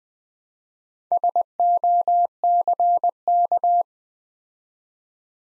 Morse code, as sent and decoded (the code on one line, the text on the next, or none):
... --- -.-. -.-
SOCK